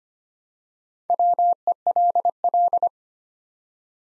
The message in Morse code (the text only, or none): WELL